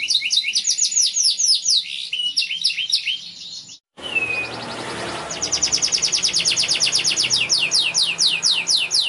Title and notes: Pancingan Kenari Muda Durasi Panjang. masteran kenari